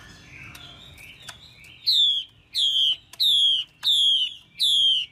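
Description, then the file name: Chinese hwamei calling: after soft warbling, five loud, clear whistled notes that slide downward, each repeated about every seven tenths of a second. Female hwamei calls used to stimulate a male. "Tieng chim hoa mi mai kich trong"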